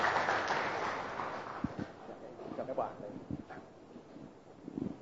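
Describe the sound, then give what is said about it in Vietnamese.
A burst of audience applause for a young male volunteer invited up to the front, a dense wash of clapping that is loudest at the start and gradually thins out, with scattered voices and murmurs rising over it toward the end. “Ok, rồi chúng ta xin khán phòng cho một bạn một tràng pháo tay nha.”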